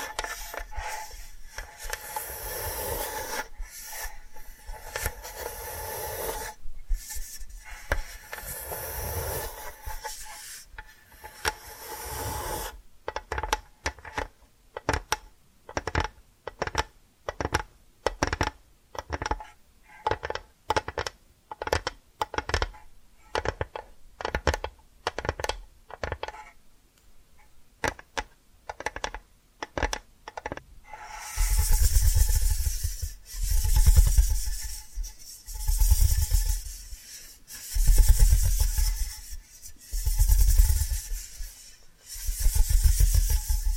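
Tapping and scratching sounds in three stretches. The first dozen seconds bring soft, uneven scratching bursts; from about 13 to 31 seconds come quick, regular taps in dense rows; the final section turns into louder, brighter rasping strokes with deep thuds underneath.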